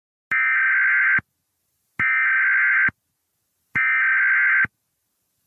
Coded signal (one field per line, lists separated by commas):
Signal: Emergency Alert System (SAME) tones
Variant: header bursts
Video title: EAS scenario: Yellowstone eruption (parts 1&2)